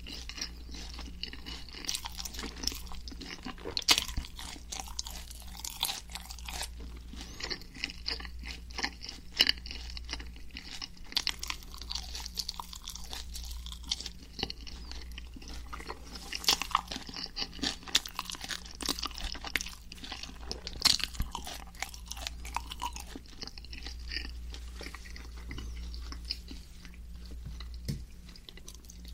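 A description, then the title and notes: Steady chewing of sweet and sour chicken with frequent crisp crunches and wet smacks, over a low constant hum. Sweet and sour chicken eating sound.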